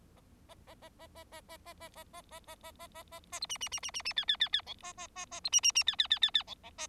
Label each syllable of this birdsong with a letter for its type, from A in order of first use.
A A A A A A A A A A A A A A A A A A A B C C C C C C D D D D E A A A A B C C C D D D D D E E A